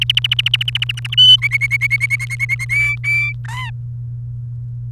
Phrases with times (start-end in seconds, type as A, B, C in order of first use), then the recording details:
0.01-1.15 A, 1.17-1.36 B, 1.42-2.65 C, 2.69-3.33 B, 3.45-3.71 D. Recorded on 28 April 2018 at 13:46. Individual llb3